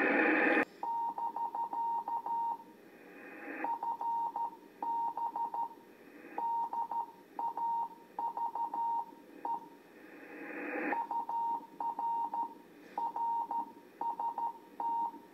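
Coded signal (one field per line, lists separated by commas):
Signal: Morse code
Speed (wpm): 13 wpm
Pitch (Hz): 930 Hz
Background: none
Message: <BK> FB DAVE UR RST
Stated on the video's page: CW from a Trans World TW-100 all-mode HF transceiver, a high-endurance set built for State Department embassy communications.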